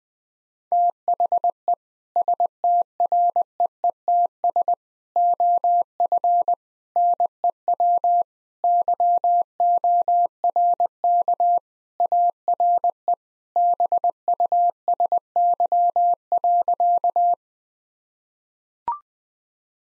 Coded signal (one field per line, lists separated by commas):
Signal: Morse code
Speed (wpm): 20 wpm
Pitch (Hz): 700 Hz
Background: none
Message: THE STREETS OF NEW YORK ARE BUSY.